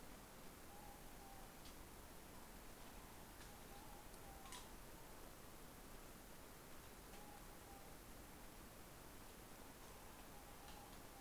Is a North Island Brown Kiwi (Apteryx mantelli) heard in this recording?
no